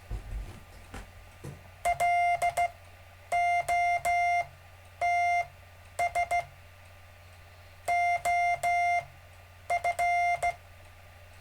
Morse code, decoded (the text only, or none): LOTS OF